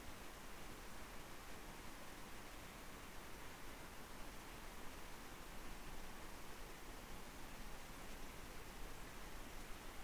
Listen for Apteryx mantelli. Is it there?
no